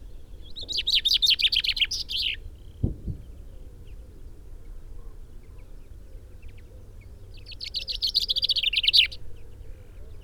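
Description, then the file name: Common chaffinch singing two separate phrases several seconds apart, each a fast, slightly descending trill with an ending flourish; one brief low thump between them and faint background rumble. "Fringilla coelebs"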